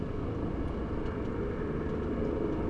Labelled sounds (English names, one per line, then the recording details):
none
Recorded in Germany
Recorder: ecoPi